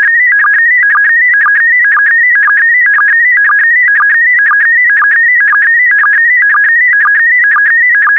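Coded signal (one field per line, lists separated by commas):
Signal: SSTV (slow-scan television)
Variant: PD120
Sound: continuous warbling electronic tone with rhythmic low chirps about twice per second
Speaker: complete. You can now check your decoded image against the picture that is shown on the video.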